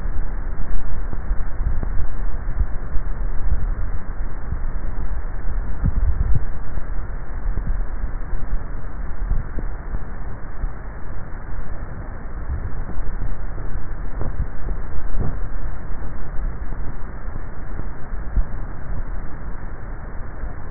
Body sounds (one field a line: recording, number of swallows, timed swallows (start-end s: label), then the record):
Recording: swallowing sounds by neck microphone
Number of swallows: 1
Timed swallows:
5.65-6.42 s: swallow
From the record:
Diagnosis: dysphagia